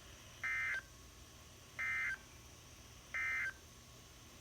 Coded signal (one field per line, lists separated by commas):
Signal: Emergency Alert System (SAME) tones